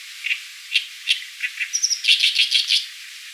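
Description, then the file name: Oriental reed warbler: a few separate harsh chacks, a brief thin whistle, then a fast, grating chatter of rough notes. "Acrocephalus orientalis"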